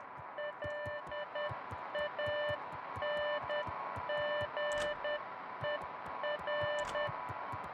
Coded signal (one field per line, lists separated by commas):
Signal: Morse code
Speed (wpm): 10 wpm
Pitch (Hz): 1800 Hz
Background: music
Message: LANGER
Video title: Cozy stream time: Beacon Pines, yes lets see how it is